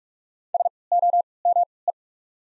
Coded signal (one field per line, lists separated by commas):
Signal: Morse code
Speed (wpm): 44 wpm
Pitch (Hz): 700 Hz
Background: none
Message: S O M E